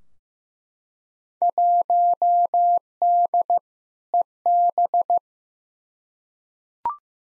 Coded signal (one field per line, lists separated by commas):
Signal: Morse code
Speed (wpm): 15 wpm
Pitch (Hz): 700 Hz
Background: none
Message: 1D EB